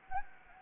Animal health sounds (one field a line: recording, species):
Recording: mosquito wingbeat signal from an infrared sensor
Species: Anopheles gambiae